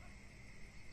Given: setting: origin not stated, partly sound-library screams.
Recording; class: one-second piece from a danger detection set; normal situation